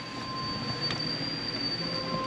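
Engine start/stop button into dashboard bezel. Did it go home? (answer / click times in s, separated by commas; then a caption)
no / none. A replacement crystal push-to-start button for a BMW F30 is lined up by its three locating features to the dashboard bezel opening before being pressed in. Only a steady broadband hum with faint tonal lines is heard, with no distinct impacts. Nothing has seated or clicked yet, and the button still needs a firm press to clip in.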